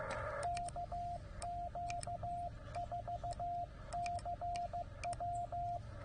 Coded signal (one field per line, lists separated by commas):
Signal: Morse code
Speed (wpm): 19 wpm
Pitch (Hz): 700 Hz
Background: radio noise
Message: KQ4CW